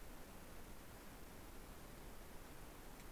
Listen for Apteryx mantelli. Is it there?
no